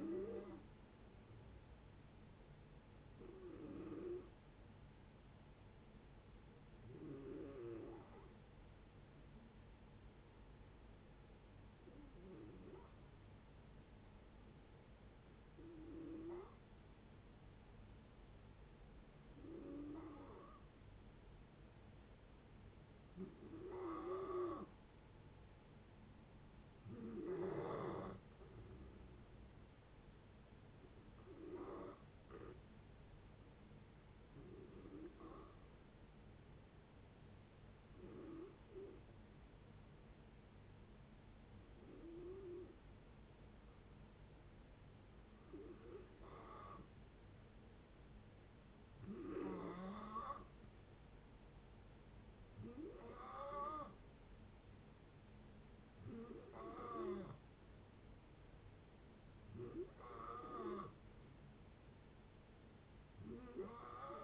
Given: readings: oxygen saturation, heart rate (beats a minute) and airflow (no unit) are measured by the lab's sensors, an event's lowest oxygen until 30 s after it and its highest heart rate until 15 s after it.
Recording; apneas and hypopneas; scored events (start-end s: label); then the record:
breathing in sleep by a voice recorder at the bedside; 2
9.00-24.80 s: hypopnea (N2, oxygen 93% highest, then 89% lowest, heart rate 70 at the start, 73 highest)
35.00-51.90 s: hypopnea (N2, oxygen 93% highest, then 88% lowest, heart rate 72 at the start, 72 highest)
From the record:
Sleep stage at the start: N2 (light sleep); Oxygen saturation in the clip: 88 to 93%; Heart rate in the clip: 60 to 76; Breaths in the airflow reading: 17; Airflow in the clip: -7.5 to 8.3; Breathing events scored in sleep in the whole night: 496 in 5.4 hours asleep